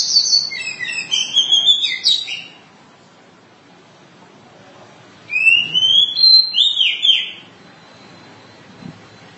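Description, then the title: Oriental magpie-robin song in two loud bursts of rising whistles and rich warbling notes, separated by about three seconds of near silence. Long-duration song. "Kacer"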